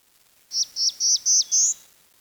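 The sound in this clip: Bird calling with five clear, high whistled notes, each dropping slightly at its end, the last note longer and rising, over quiet background.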